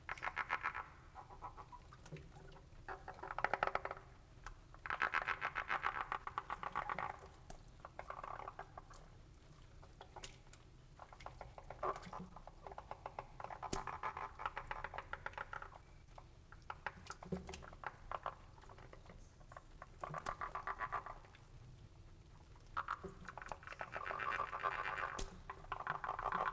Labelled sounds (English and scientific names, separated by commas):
Edible Frog (Pelophylax esculentus) call